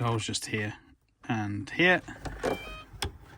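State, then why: Seated. Someone talks while a Britannia Instyle embroidery unit is offered up to a sewing machine bed, its two locating holes pushed onto the machine's pins. A sharp click at 3.0 s marks the unit seating into place.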